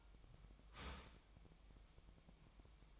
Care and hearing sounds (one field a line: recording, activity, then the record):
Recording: daily activity, microphone in the room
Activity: start toaster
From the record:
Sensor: 1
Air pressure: 1001.9 hPa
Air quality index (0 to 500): 238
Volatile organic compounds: 43 ppm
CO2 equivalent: 3193 ppm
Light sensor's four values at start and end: 10/36/13/15 and 10/36/13/15